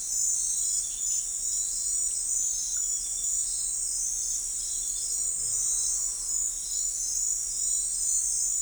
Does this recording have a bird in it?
no